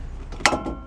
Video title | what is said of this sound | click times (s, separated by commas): 1997 Infiniti i30 Rear Wheel Hub Installation/Replacement | hear it click okay | 0.5 s